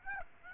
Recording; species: mosquito wingbeat signal from an infrared sensor; Aedes aegypti